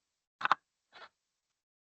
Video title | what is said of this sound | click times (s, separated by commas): 3DoF Precision for Intracranial SRS – Introducing the TruPose™ Head Adjuster | Um yeah so it' be an audible click that tells you that okay you have reached the uh maximum adjustments. | 0.4 s, 0.5 s